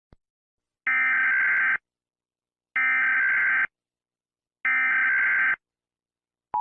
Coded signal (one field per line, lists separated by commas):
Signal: Emergency Alert System (SAME) tones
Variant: header bursts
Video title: 10/29/93 EAS